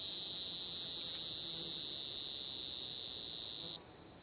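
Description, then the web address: Hieroglyphic cicada singing a continuous, even high-pitched buzz that stops abruptly near the end, leaving it much quieter. "The Songs of Insects. Hieroglyphic Cicada"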